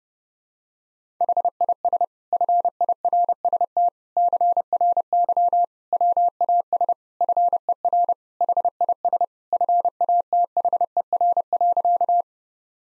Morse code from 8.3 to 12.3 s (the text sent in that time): HIS FATHER.